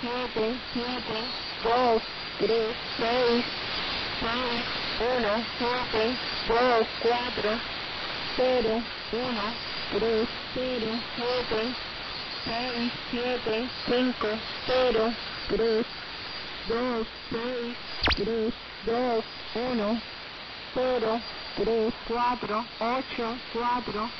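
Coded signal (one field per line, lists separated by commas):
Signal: numbers station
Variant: HM01, Spanish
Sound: voice reading single digits one by one at an even pace over hiss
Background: radio static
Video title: Number Station HM01 (11635 kHz) on 18th December, 2019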